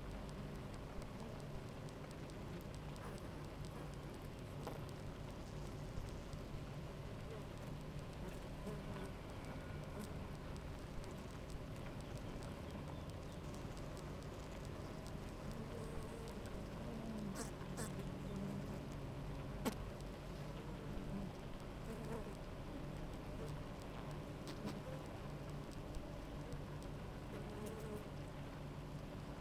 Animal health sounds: honeybee colony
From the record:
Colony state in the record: active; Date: 28 July 2017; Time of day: 9:56

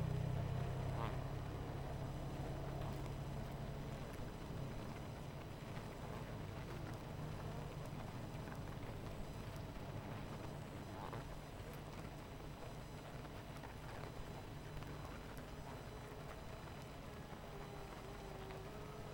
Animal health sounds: honeybee colony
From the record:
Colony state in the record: missing queen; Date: 14 July 2017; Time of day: 18:34

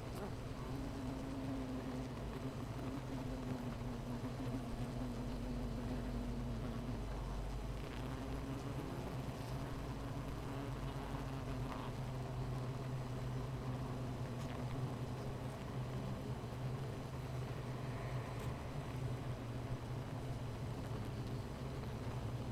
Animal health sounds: honeybee colony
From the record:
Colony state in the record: missing queen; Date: 14 July 2017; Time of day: 13:57

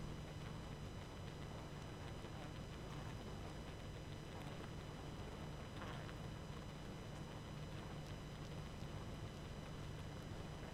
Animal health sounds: honeybee colony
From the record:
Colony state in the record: active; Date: 12 June 2018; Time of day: 21:04

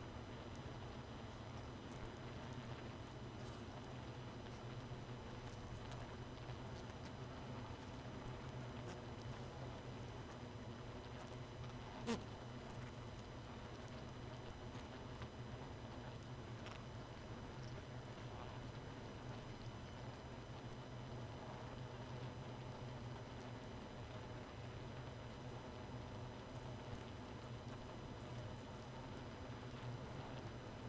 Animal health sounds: honeybee colony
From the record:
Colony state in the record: missing queen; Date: 31 May 2018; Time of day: 1:11

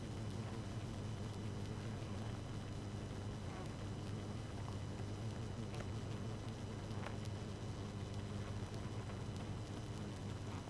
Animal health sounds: honeybee colony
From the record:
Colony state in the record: active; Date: 12 June 2018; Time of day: 0:26

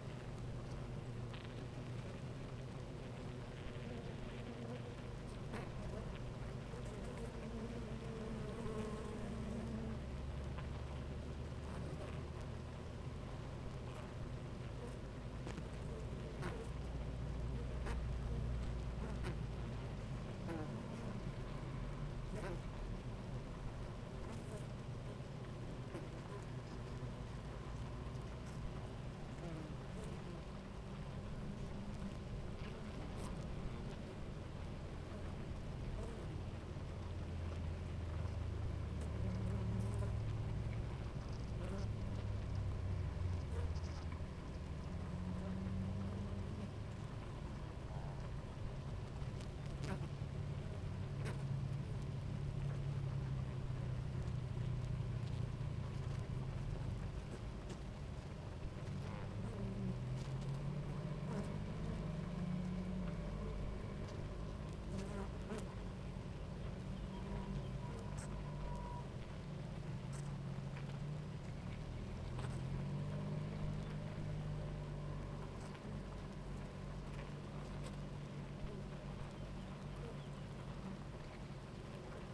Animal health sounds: honeybee colony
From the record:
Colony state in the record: active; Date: 28 July 2017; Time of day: 10:22

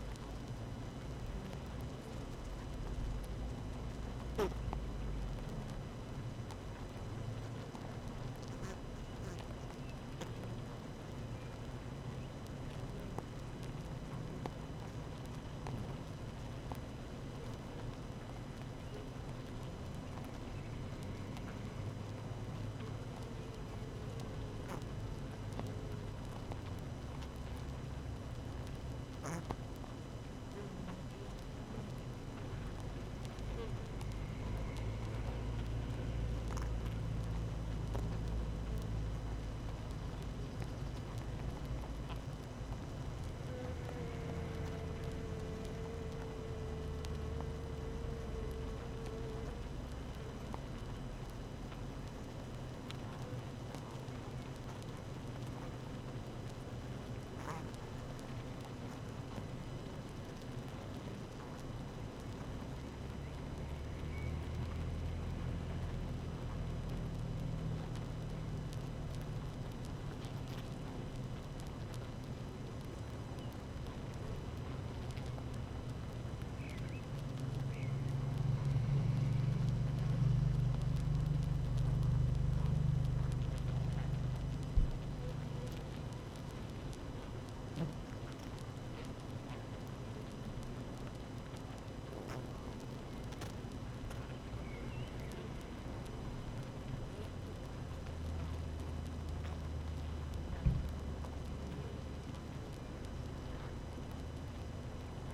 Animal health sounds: honeybee colony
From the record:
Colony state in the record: active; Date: 12 June 2018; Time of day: 7:10

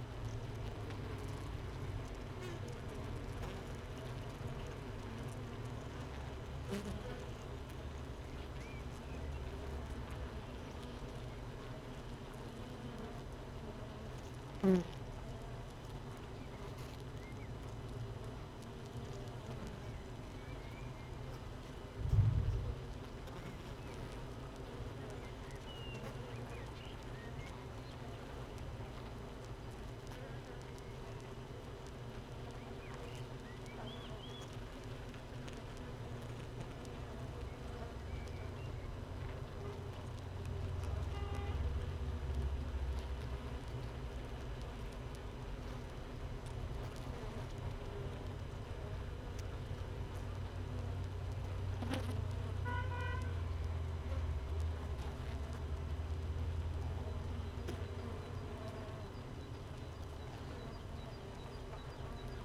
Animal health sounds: honeybee colony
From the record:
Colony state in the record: missing queen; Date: 31 May 2018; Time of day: 15:47

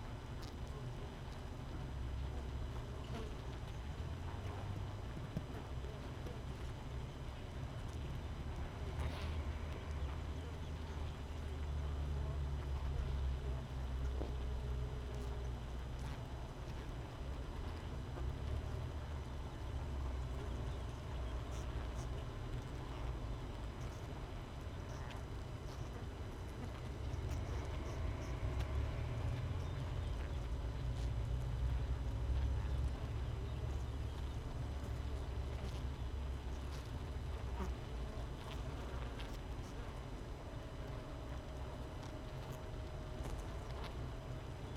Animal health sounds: honeybee colony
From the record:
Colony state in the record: missing queen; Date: 31 May 2018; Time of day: 6:40

